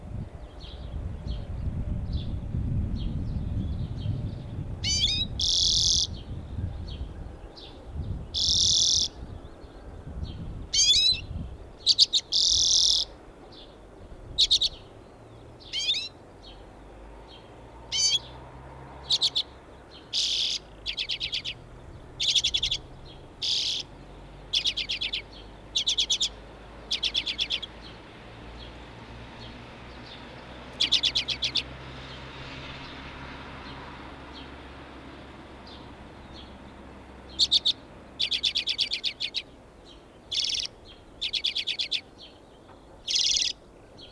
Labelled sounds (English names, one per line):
Common Redpoll call